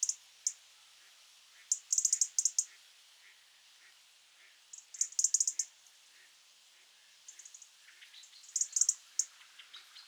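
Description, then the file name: European robin giving repeated bursts of crisp, high clicking ticks over a hissy background, with a few thin high notes near the end. "Erithacus rubecula"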